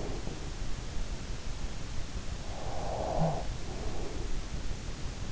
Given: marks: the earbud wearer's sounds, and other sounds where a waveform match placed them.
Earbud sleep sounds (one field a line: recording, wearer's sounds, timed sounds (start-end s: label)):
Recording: sounds in sleep by an in-ear microphone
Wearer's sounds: breath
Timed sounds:
1.13-3.52 s: breath